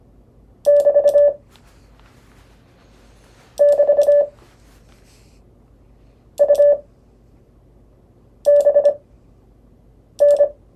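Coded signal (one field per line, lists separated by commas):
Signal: Morse code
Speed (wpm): 26 wpm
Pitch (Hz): 580 Hz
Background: none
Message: <BT> <BT> U B N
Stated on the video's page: Lesson on CW prosigns.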